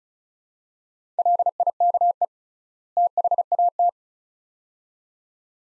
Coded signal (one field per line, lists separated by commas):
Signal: Morse code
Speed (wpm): 34 wpm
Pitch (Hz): 700 Hz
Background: none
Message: LIKE THAT